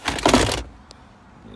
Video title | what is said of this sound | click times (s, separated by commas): Toyota 4Runner added USB port 3.0 quick charge plug installed center console | it kind of just pops into place. | 0.1 s, 0.2 s, 0.3 s